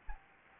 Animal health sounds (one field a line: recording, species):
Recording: mosquito wingbeat signal from an infrared sensor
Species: Anopheles gambiae